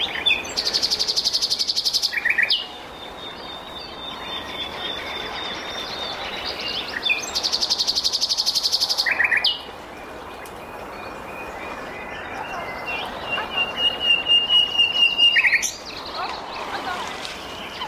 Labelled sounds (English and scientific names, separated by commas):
Common Nightingale (Luscinia megarhynchos) song